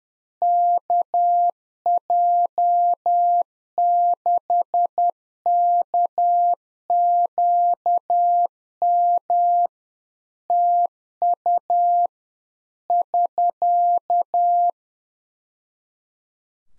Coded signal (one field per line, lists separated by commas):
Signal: Morse code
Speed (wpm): 10 wpm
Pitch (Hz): 700 Hz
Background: none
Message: KJ6KQM TU <SK>